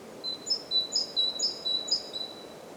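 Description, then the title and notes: Great tit singing clear whistled phrases alternating high and lower notes, several in quick succession throughout, with soft ambient noise beneath. Recorded at Głodówka, Žilina Region, Slovakia, with a Zoom F3 recorder and Usi Pro microphones. "Głodówka, Kraj żyliński, Słowacja - Great voice of a great tit. Recordist: Maciej Wirmański"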